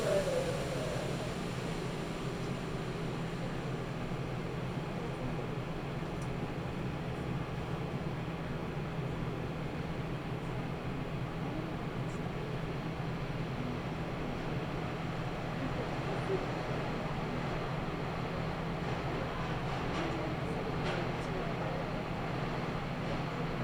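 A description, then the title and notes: A ride on the Nagoya Railroad Mikawa Line between Chiryu and Hekinan, with a steady, dense rumble and a low hum running unchanged throughout. Faint clicks and brief scrapes surface now and then, a few clustered around the twenty-second mark. Nagoya Railroad Mikawa Line Chiryu to Hekinan.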